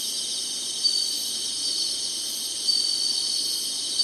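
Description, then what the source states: Insects singing a constant, high-pitched buzzing drone, with a few brief louder bursts layered over the unbroken chorus. Singing insects in summer.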